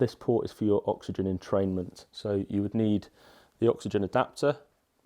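An oxygen adapter is handled near the oxygen entrainment port on the rear of a Vivo 55 home ventilator while someone talks throughout. Nothing has seated or clicked into place yet when the clip ends.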